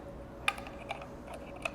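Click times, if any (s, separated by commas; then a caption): none. An e-bike battery is handled at its frame mount on a Priority Gemini Smart.Shift Gravel, after the release button is pressed and the plug is pushed up and removed. Faint plastic taps and knocks sound at about 0.5, 0.7, 0.9 and 1.7 seconds over a quiet background. The battery has not seated or clicked into place yet.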